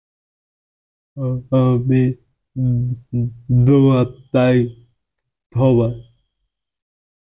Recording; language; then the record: elicited speech; Bengali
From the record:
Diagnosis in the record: Broca's or global aphasia after a stroke